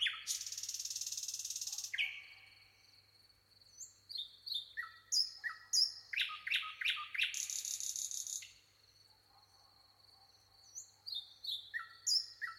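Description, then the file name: Common nightingale song: a dense buzzy rattle, then a sustained whistle, rapid repeated descending notes, another harsh rattle, and varied short phrases, with a faint low hum beneath. "Luscinia megarhynchos"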